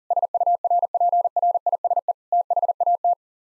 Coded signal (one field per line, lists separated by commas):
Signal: Morse code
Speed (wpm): 40 wpm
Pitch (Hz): 700 Hz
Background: none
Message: SURPRISE THAT